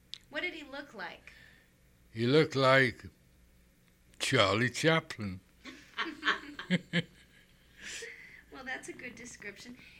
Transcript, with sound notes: What did he look like?
He looked like Charlie Chaplin. [Laughter]
Well that's a good description.